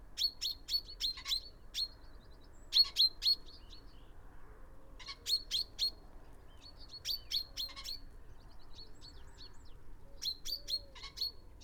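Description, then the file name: Common chaffinch calls, quick sharp chirps in clustered bursts of several notes, repeated throughout with soft low rumble underneath. "Fringilla coelebs"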